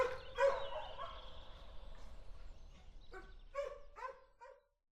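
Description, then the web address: Dog barks, a couple of yelps at the start, then a short burst of four quick barks before silence. Dogs recorded together with a car. "audio dogsandcar"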